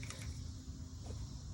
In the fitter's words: there you go and see it's locked in there